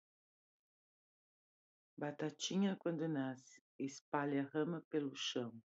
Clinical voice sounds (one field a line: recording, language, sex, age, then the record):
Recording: short text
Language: Brazilian Portuguese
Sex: female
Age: 60 to 69 years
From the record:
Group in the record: control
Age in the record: 62 years